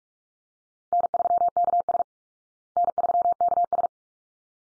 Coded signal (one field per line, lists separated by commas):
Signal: Morse code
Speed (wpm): 44 wpm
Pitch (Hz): 700 Hz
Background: none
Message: N3KS N3KS